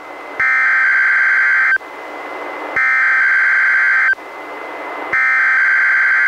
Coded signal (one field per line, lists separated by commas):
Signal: Emergency Alert System (SAME) tones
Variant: header bursts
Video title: EAS #337-340: 4 NWR Required Weekly Tests- Aug. 14-Sep. 4, 2019